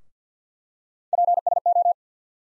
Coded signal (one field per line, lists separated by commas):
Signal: Morse code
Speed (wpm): 50 wpm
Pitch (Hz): 700 Hz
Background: none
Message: PSO